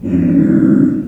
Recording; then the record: squeal of a Yucatan mini pig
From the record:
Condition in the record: after surgery on the right vocal fold (resection and tissue-engineered implant); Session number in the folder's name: 5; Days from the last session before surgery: 33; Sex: female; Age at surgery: 19 weeks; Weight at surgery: 25 kg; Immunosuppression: prednisolone